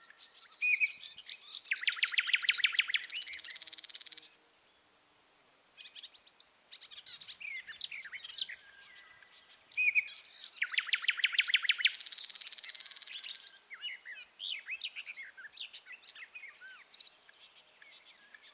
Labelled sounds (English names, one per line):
Thrush Nightingale song